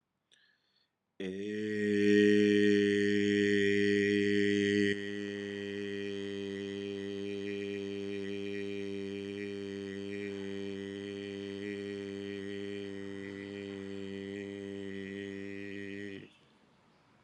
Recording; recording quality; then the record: sustained vowel as in made; excellent, no background noise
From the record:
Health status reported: COVID-19 positive, moderate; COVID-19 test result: positive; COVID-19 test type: RT-PCR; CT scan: not taken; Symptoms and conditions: cough, sore throat, hypertension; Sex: male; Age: 52 years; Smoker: no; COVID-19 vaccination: both doses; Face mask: not worn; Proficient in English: yes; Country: India